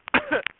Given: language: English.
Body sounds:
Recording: throat vibration sensor signal played as sound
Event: cough

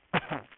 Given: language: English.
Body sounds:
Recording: throat vibration sensor signal played as sound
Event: cough

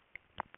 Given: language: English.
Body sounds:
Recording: throat vibration sensor signal played as sound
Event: swallow

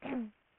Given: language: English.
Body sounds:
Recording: throat vibration sensor signal played as sound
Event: throat clearing

